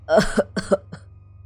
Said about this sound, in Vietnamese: Tiếng bà già phát ra khó nhọc, cùng với tiếng ho mắc nghẹn trong cổ họng.